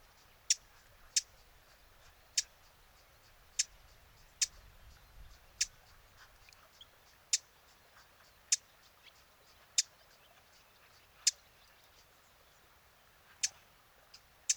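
Eurasian blackcap giving sharp, hard tack calls at uneven intervals throughout, with faint softer clicks between them against quiet background hiss.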